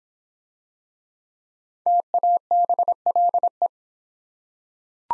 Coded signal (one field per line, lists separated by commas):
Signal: Morse code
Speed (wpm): 26 wpm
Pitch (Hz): 700 Hz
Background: none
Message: TABLE